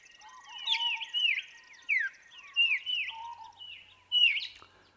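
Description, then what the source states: White-plumed Honeyeater singing: repeated downward-swooping whistles over a softer lower note, several phrases in quick succession. Regional song dialect from inland South Australia, about 400 km west of New South Wales birds; the song phrase is subtly but noticeably different.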